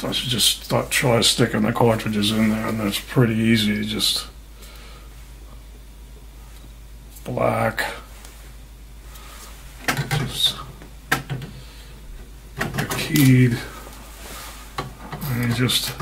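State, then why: Seated. A black ink cartridge is pushed into its slot in the carriage of an HP Officejet Pro 8720 inkjet printer while someone talks. A sharp, loud click at 11.1 s marks the cartridge snapping home and seating, with a few softer clicks and knocks following.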